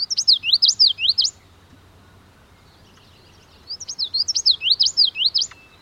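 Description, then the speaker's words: Common yellowthroat song: a bright galloping phrase of rolling note groups repeated several times, a pause, then the same phrase again. Galloping tune belted out while perched atop a cattail in a Washington state marsh in April. "a common yellowthroat perches atop a cattail as it belts out its galloping tune."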